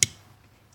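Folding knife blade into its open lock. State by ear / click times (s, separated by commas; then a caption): seated / 0.0 s. A Gordon folding pocket knife from Harbor Freight is opened one-handed, and its steel blade snaps into the open lock with a sharp, bright click at 0.0 seconds. A low hum follows, with a faint tick near the end. The blade is locked open.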